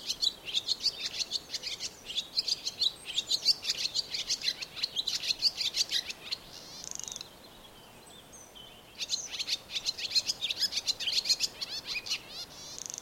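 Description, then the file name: Barn swallow chatter: dense, rapid high twitters and scratchy notes, pausing briefly midway before resuming just as busily, over constant soft hiss. "Rondine Comune"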